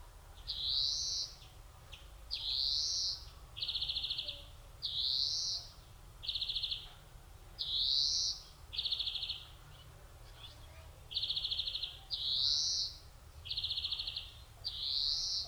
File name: Chloris chloris